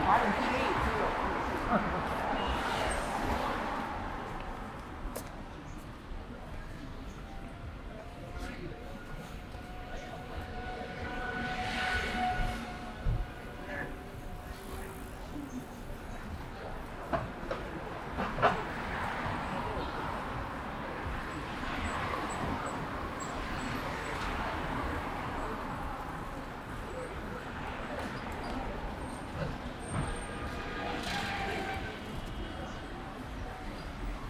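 A walk through Xiang'er Hutong on the way to eat xiaomian, with voices talking steadily over a constant low street rumble. Sharp clicks and knocks pop up every few seconds, and brief surges of passing noise come around 12, 19 and 31 seconds.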